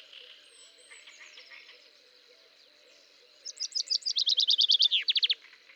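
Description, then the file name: Common chaffinch delivering a single fast trill of repeated notes that descends and closes with a quick terminal flourish, after a few seconds of faint background bird chatter. "Fringilla coelebs"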